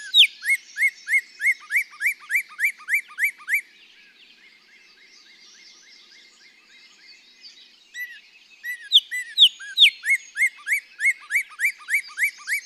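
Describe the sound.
Northern Cardinal song in two bouts of rapid repeated down-slurred whistles, separated by a pause of several seconds before the series resumes.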